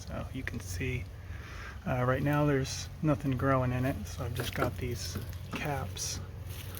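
Someone talks while handling a 3D-printed plastic net cup cap meant to be pressed into a 2-inch hole-saw hole in an empty NFT hydroponic channel with nothing growing in it. Nothing has seated or clicked yet; the clip ends just before the cap snaps into the hole.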